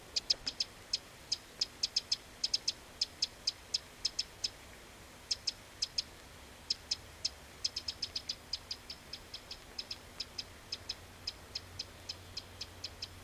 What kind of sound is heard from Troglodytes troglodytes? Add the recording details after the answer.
alarm call. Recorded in the wild. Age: adult. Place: Detmold, OT Hiddesen, Teutoburger Wald, Nordrhein-Westfalen, DE. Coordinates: 51.9272, 8.80583. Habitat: pond. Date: 1967-03-27. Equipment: Uher 4000 Report-S, Bändchenmikro Beyer M 260, Parabolspiegel Polyester (470 mm). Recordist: Conrads, Klaus